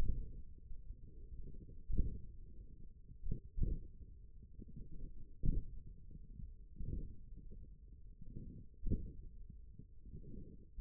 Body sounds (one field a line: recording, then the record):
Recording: forearm muscle sounds (acoustic myography)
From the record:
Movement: index flexion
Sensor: system 1, eight BSWA MPA416 microphones around the upper forearm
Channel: 7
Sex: male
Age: 28 years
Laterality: right